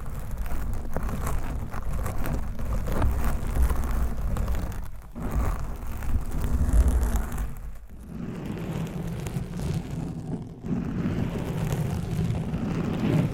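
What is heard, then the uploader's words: Scratching and rubbing against a microphone cover makes a continuous rough, crackling rustle with a heavy low rumble underneath. The texture shifts every few seconds, with brief quieter gaps near five, eight and ten seconds before the scraping resumes. ASMR Mic Scratching with 100 DIFFERENT MIC COVERS & MICS! No Talking for Sleep with Long Nails.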